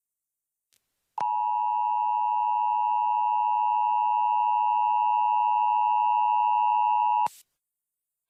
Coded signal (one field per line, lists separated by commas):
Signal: Emergency Alert System (SAME) tones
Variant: 853 and 960 Hz attention tone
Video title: All EAS Scenario Videos (PART 1)